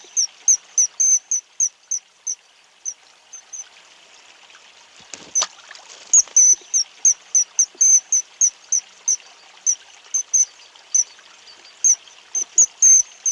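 Kingfisher giving sharp, high whistled notes in quick uneven series, with a brief pause and a dull knock midway, over a soft background hiss.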